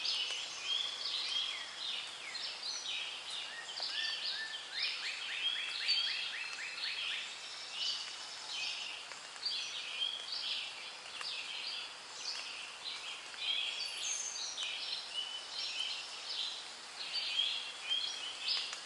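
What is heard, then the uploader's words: Rainforest ambience with a dense, steady chorus of birds and insects chirping high and bright throughout. A rapid run of repeated clicking calls stands out around five to seven seconds, over a soft constant hiss and little low sound. Calming Rainforest Sounds.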